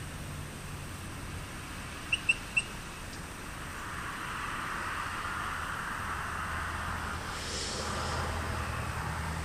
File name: Eleutherodactylus cystignathoides